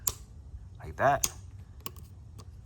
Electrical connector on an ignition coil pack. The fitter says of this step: so I just slightly push down and pop it out until you hear the click, like